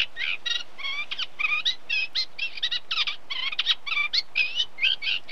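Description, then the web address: Eurasian Reed Warbler song of jerky, scratchy notes and churring phrases delivered in a rapid, uneven series. Unmated male singing. "Sound Effects Library (British Birds) Reed Warbler song of unmated male with very distant cows"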